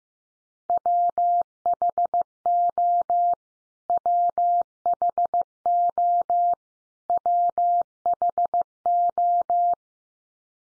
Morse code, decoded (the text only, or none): WHO WHO WHO